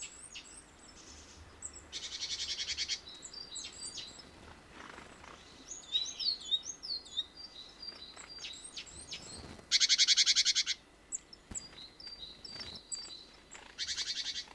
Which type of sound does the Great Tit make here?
call